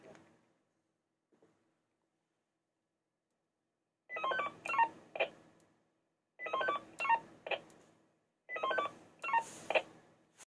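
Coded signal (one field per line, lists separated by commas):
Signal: roger beep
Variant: 5-tone police-style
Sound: three bursts of quick stepped electronic tones, each followed by a short squelch noise burst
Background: squelch noise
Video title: Baofeng Bf-Q8 5tone Police roger beep#short #shorts #shortsvideo #shortvideo #youtubeshorts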